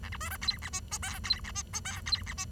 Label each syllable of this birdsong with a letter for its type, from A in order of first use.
A B C D E F G H I E F G H I E F G